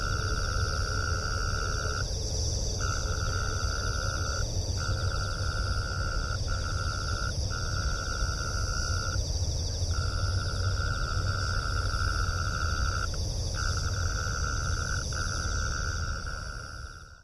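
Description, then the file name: Mole cricket song, a continuous even churr that stops briefly every few seconds before resuming, with steady low-pitched background noise throughout. "kera"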